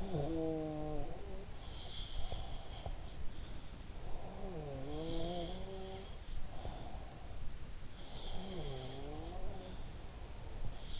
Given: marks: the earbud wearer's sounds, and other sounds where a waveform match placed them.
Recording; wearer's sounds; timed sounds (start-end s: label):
sounds in sleep by an in-ear microphone; snoring breath
0.00-3.40 s: snoring breath
1.63-2.90 s: sound from someone else or the room
4.12-7.43 s: sound from someone else or the room
8.19-11.00 s: snoring breath
8.19-11.00 s: sound from someone else or the room